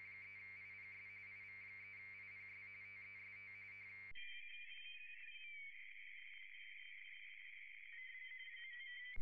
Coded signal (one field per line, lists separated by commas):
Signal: RTTY